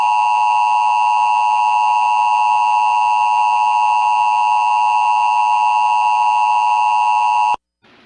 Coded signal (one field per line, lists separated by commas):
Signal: Emergency Alert System (SAME) tones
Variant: 853 and 960 Hz attention tone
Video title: EAS Severe Storms Over Grand Marais, Minnesota and Lake Superior NOAA Weather Radio (NWS Duluth)